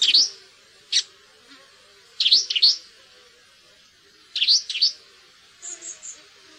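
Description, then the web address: Red-backed shrike producing harsh scratchy chattering notes, single or in short clusters of two or three, ending with faint high chips. "fuglelyder tornskate"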